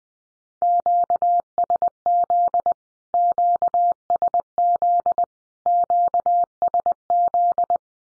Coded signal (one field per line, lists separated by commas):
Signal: Morse code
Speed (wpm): 20 wpm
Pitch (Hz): 700 Hz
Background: none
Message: QSZ QSZ QSZ